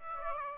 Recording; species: mosquito wingbeat signal from an infrared sensor; Aedes aegypti